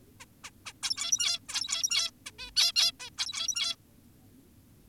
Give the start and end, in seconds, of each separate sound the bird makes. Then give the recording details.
0.20-0.25, 0.44-0.50, 0.66-0.73, 0.83-1.40, 1.49-2.11, 2.26-2.31, 2.39-2.51, 2.56-2.72, 2.76-2.92, 3.00-3.10, 3.18-3.76. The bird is an adult. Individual g17y2U